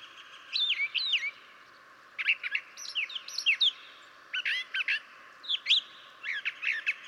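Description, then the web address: Brown Thrasher song: lively phrases of paired whistled slurs and chips, separated by brief gaps, changing pattern with each phrase. "birdsongforthecurious Brown Thrasher"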